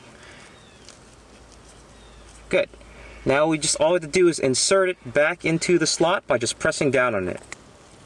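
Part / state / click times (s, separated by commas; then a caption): shifter indicator bulb holder into its slot in the shifter assembly / not seated / none. The shifter indicator light bulb holder, with its rubber cover, is handled before being pressed back into its slot in the automatic gear shifter assembly of a 2003–2008 Toyota Corolla. A faint short tick comes at 0.9 s over quiet background, then someone talks from about 3.3 s to the end. The clip ends before the holder goes home, and nothing has seated or clicked yet.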